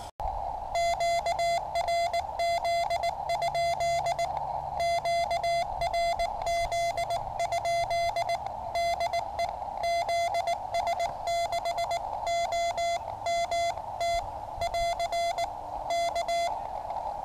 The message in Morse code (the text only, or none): QRZ? QRZ? DE ZS6OMT <AR> K